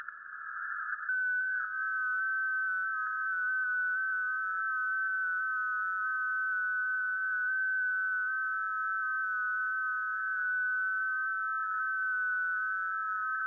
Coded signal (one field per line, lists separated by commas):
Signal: FT8